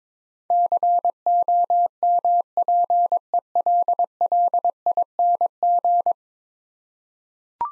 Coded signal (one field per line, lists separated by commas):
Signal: Morse code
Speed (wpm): 22 wpm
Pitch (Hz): 700 Hz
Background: none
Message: COMPELLING